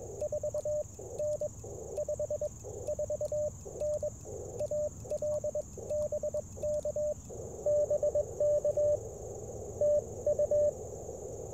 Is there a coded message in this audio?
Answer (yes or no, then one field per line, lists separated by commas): yes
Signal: Morse code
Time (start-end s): 0.2-10.7 s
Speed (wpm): 22 wpm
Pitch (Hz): 590 Hz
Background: radio noise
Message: 4N 54N AL BK BK TU